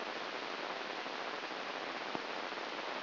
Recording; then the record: brain microelectrode recording played as sound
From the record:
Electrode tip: inside the subthalamic nucleus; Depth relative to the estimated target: 1 mm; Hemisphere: left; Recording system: AlphaMap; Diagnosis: Parkinson's disease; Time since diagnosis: 15 years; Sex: female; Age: 68 years